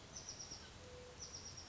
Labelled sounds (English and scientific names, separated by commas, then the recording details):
Bewick's Wren (Thryomanes bewickii)
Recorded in Sonoma County, California